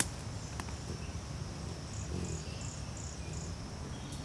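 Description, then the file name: Brachycephalus sulfuratus giving short, thin, high-pitched notes in an even row, about three per second, with a constant high hiss and low background rumble. Individual 2, not collected; recorded at Núcleo Itutinga Pilões on 8 October 2016. "MHNCI Brachycephalus sulfuratus Nucleo Itutinga Piloes ind 2 not collected 08 out 2016 MRBornschein"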